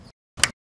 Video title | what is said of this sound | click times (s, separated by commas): FUEL INJECTOR RE REBORN CLASSIC 350 IN TAMIL-INSTRUMENT CLUSTER RE REBORN CLASSIC 350 IN TAMIL | lock sound கேட்டுருச்சு | 0.4 s